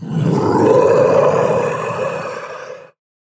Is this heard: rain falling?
no